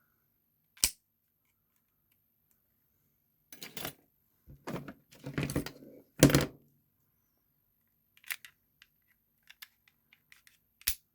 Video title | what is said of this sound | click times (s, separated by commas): Philips shaver s7000 assembly/teardown repair | you can hear the clicks of these clips | 0.8 s, 6.2 s, 8.3 s, 10.9 s